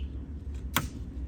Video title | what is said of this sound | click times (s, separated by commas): Jeep Wrangler Jk - JKU - DIY Auxiliary Power Source Mod Using Jeeps Factory Tow Package & New Light | should hear a snapping noise | 0.8 s